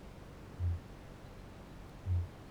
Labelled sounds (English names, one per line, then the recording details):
Kākāpō boom
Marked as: faintness 3/5
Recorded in New Zealand
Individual Barnard